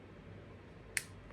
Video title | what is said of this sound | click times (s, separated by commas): أخيراً! فتح صندوق كاميرتي الجديدة 😳 -الكشف عن سلاح السري 🔥📷✈️ | اهو لازم تسمع كليك | 1.0 s